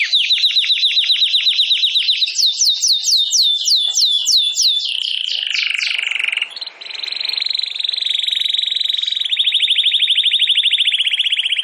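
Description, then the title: Domestic canary song: a fast trill, a run of swooping notes, a brief raspy passage, then long rolling trills to the end. Belgian canary (Campainha), singing. "Canário Belga Campainha Canary Singing"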